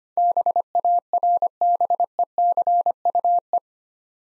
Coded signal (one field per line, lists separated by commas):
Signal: Morse code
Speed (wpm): 25 wpm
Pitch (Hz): 700 Hz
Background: none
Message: BARBECUE